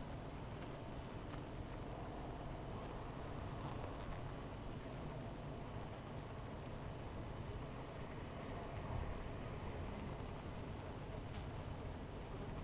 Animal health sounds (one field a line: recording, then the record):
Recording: honeybee colony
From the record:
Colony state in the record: missing queen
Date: 14 July 2017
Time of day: 17:33